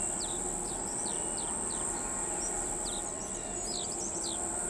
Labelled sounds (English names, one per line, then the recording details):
Brown-chested Martin
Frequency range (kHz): Brown-chested Martin 2.6-6.8 kHz
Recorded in pastures near Pivijay, Magdalena, Colombia, on 18 April 2023 at 05:30
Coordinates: 10.456, -74.369
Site P6-G026